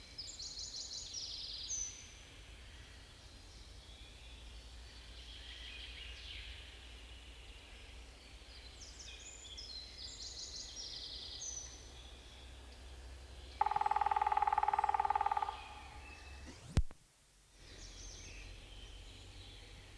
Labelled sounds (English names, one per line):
Grey-headed Woodpecker drumming